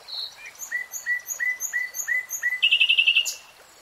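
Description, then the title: Nightingale song opening with a high note, then a run of spaced repeated notes that break into a quick trill. Nightingale singing in real time. "[Tiếng chim hót] Nightingale Singing"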